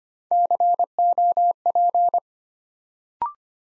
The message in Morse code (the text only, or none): COP